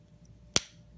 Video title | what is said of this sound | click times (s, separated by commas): Local Anesthetic Syringe Assembly | you'll hear the pop that's the Harpoon disengaging from the rubber stopper | 0.6 s